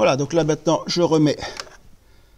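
Someone talks while the last plastic electrical connector is brought to the terminal of a new glow plug on a diesel engine, ready to be pushed on. The talking fills the first 1.7 seconds, then only faint background remains. Nothing has seated or clicked yet; the connector is not yet home.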